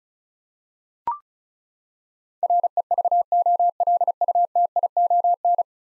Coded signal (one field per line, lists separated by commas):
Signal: Morse code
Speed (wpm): 36 wpm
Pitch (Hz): 700 Hz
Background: none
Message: REVOLUTION